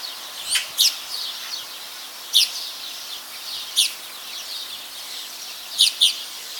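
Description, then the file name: Eurasian magpie calls: a few sharp, rasping notes, some doubled, spaced a second or more apart against constant background hiss. "Pica pica"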